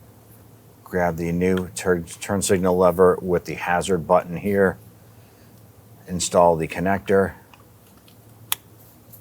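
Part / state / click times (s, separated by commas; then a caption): wiring harness connector into turn signal combination lever / seated / 8.5 s. A wiring harness electrical connector is pushed onto a new turn signal combination lever with a hazard button on a 1999-2004 Jeep Grand Cherokee. Someone talks at first, then after a few faint small sounds a single sharp, loud snap at 8.5 s marks the connector seating into place.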